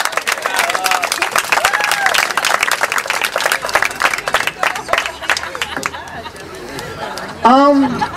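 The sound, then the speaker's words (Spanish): An audience breaks into dense, steady applause, with scattered cheering voices mixed into the clapping. It thins out near the end as a single voice rises over it. “Aplaudamos el primer. Sí, bravo.”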